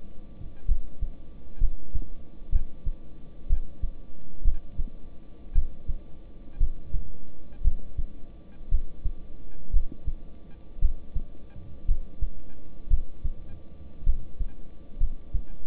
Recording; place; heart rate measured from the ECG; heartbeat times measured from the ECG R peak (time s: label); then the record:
heart sounds by stethoscope; between the tricuspid and mitral areas; 59 bpm
0.66 s: heartbeat
1.58 s: heartbeat
2.50 s: heartbeat
3.47 s: heartbeat
4.42 s: heartbeat
5.53 s: heartbeat
6.58 s: heartbeat
7.62 s: heartbeat
8.69 s: heartbeat
9.71 s: heartbeat
10.79 s: heartbeat
11.86 s: heartbeat
12.88 s: heartbeat
14.04 s: heartbeat
14.98 s: heartbeat
From the record:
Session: rest, lying down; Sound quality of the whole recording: good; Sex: male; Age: 26 years